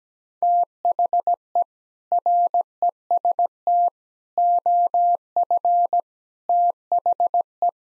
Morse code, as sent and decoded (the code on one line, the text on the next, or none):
- .... . / .-. . ... - / --- ..-. / - .... .
THE REST OF THE